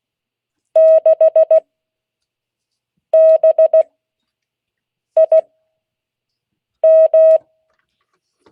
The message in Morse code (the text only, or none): 6 B I M